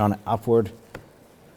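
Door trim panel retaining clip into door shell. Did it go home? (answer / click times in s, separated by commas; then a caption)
no / none. Someone talks while the plastic interior door trim panel of a 2011-2017 Honda Odyssey is pressed upward and inward toward the door shell, lining up its perimeter retaining clips and tabs. After the talk, there is a brief sharp tick followed by quiet. Nothing has seated or clicked into place yet.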